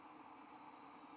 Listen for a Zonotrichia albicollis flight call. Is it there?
no